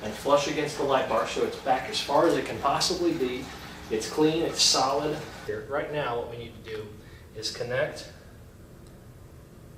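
A wiring harness plug is lined up with the connector on the back of a 40-inch flush-mount grille light bar on a 2017+ Ford F-150 Raptor, its brackets sitting flush against the grille and light bar. Someone talks for most of the clip, and the sound fades to quiet near the end. Nothing has clicked or seated yet.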